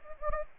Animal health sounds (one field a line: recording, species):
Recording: mosquito wingbeat signal from an infrared sensor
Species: Anopheles gambiae